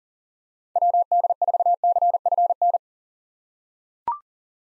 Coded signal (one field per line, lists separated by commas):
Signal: Morse code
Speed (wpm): 40 wpm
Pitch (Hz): 700 Hz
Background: none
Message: WD4CFN